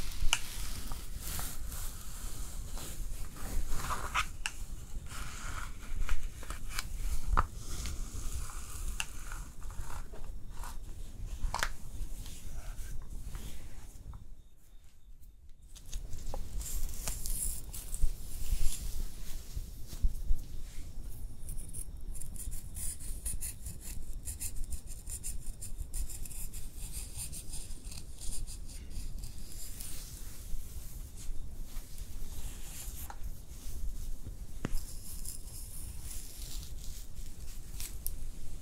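Hair brushing and styling with a continuous soft rustle, crisp strokes and clicks, and a brief silent gap near fifteen seconds.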